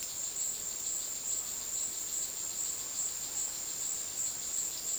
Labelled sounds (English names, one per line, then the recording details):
none
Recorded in dense forest near Puerto Asís, Putumayo, Colombia, on 20 February 2024 at 16:00
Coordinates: 0.466, -76.327
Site G6413